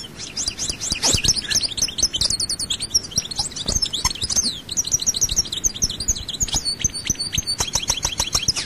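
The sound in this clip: European goldfinch song: a continuous, rapid twitter of bright, high chirps and short trills with barely a pause throughout.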